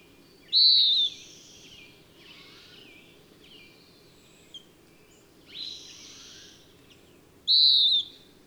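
Bird song with two loud downslurred whistles about seven seconds apart, separated by softer warbled and chirped phrases, over a low constant hum.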